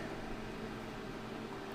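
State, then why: Not seated. A new, longer needle is handled and lined up on a syringe, and it has not snapped in yet. Only a steady broadband hum with faint low tones around 200 and 400 Hz is heard, at an even level with no sudden sounds. No click is heard.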